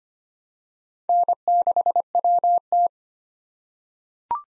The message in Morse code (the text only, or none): N6WT